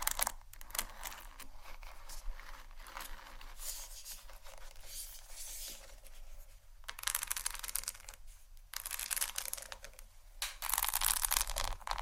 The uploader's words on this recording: ASMR Hair Brush & Comb Sounds （No Talking）.